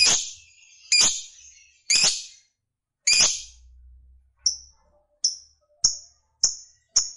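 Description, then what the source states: Lovebird calls: four loud, harsh screechy notes, then five shorter, thinner high chirps spaced under a second apart. Fighter lovebird singing energetically (gacor).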